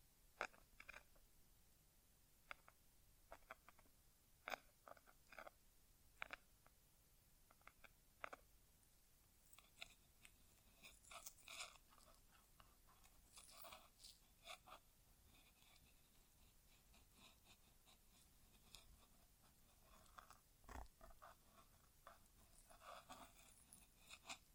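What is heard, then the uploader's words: An ASMR inner ear exam with no talking, made of sharp, crackly clicks and rustles over a soft hiss. The taps come irregularly, sparse at first, then bunching into dense crunchy flurries around the middle and again near the end. ASMR Inner Ear Exam (No Talking).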